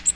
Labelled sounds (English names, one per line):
Magnolia Warbler flight call